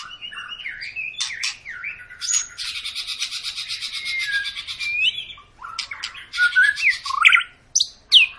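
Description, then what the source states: White-rumped shama song: whistled slurs broken by a long harsh buzzing rattle, then louder sweeping whistles and sharp chips toward the end. Long lure song of an energetically singing white-rumped shama, used to provoke other birds to sing.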